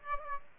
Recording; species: mosquito wingbeat signal from an infrared sensor; Aedes aegypti